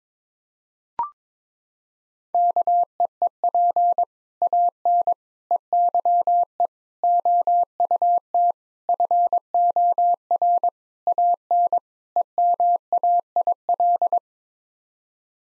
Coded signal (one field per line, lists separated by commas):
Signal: Morse code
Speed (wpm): 22 wpm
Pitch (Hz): 700 Hz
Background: none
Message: KEEP AN EYE OUT FOR AN EMAIL